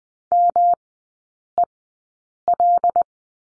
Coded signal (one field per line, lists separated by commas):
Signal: Morse code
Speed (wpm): 20 wpm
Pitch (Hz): 700 Hz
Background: none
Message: MEL